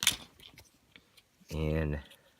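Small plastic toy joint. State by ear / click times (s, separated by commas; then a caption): not seated / none. Plastic leg joints of a Transformers Siege: War for Cybertron Voyager Class Megatron figure are handled as its legs are pulled so the transformed section closes tightly into its locked position. Sharp handling taps and rattles are heard in the first second, then someone talks briefly. Nothing has clicked or seated yet.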